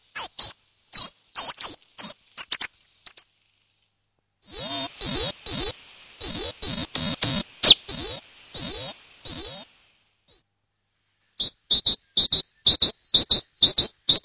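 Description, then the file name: Great tit calls and song, scattered sharp notes, then a rattling buzzy passage, ending with a steady series of clear repeated high notes. "koolmees"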